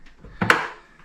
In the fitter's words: There we go, nice click as it's gone into place.